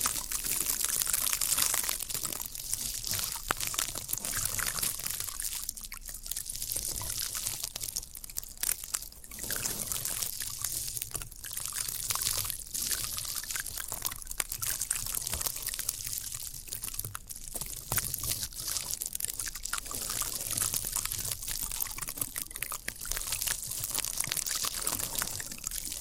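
Floral foam being pressed and crumbled, a dense, crackly crunching that runs steadily with frequent brighter snaps and brief softer pauses throughout.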